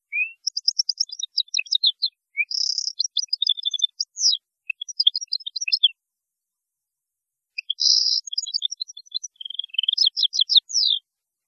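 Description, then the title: European goldfinch song: rapid tinkling twittering phrases of high chirps and buzzy trills, broken by a pause of about two seconds before resuming, background otherwise silent. "Chant Chardonneret"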